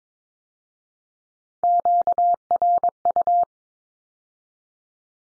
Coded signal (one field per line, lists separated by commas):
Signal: Morse code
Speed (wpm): 22 wpm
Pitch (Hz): 700 Hz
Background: none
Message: QRU